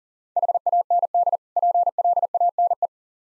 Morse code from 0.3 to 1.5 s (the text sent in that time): HAND